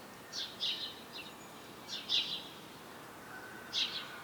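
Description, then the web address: Common blackbird calls: short, sharp, high notes in a few small groups, over soft steady hiss. "SETE Turdus merula"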